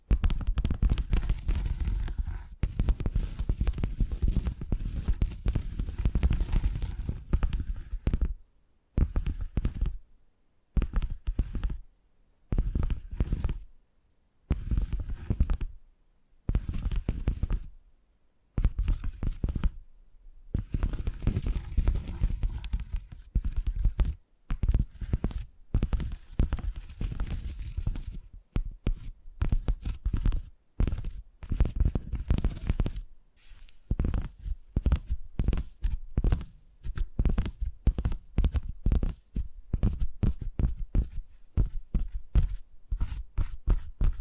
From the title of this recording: Brain Tingly Tapping Sounds